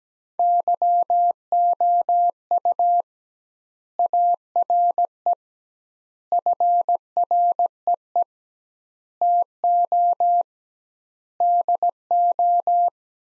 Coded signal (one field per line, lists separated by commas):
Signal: Morse code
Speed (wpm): 17 wpm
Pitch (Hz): 700 Hz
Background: none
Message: YOU ARE FREE TO DO